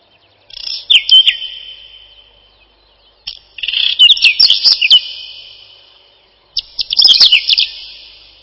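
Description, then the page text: Whinchat giving three short song phrases about three seconds apart, each a jumble of crisp clicks, scratchy notes and whistled slurs. "Луговой чекан — Saxicola rubetra"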